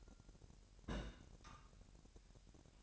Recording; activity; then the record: daily activity, microphone in the room; place on stove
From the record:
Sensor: 2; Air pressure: 1011.8 hPa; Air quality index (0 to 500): 196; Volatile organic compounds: 3 ppm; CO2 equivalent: 1391 ppm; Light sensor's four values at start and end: 74/176/73/71 and 74/176/73/71